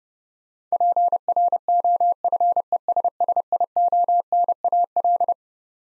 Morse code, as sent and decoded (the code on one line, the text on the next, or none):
.--. .-. --- ..-. . ... ... .. --- -. .- .-..
PROFESSIONAL